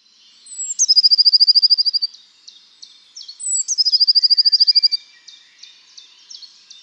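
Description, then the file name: Eurasian blue tit: a high sliding note leads into a fast, even trill, heard twice. Softer scattered high notes follow each trill. "Cyanistes caeruleus"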